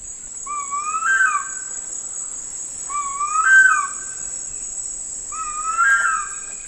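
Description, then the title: Harpy eagle giving three rising-then-falling wailing calls, roughly every two and a half seconds, over a constant high insect drone. "El águila harpía es un cazador gigante y poderoso"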